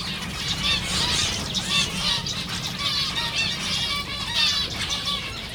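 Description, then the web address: Zebra finch chorus of nasal, trumpet-like harmonic notes, short and repeated, several birds overlapping continuously over a soft low hum. Captive birds at a zoo in Jászberény, recorded in 2015. "jaszberenyizoo 2015 professzionalis zebrapinty"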